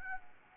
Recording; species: mosquito wingbeat signal from an infrared sensor; Anopheles arabiensis